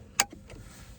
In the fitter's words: all the way down till it clicks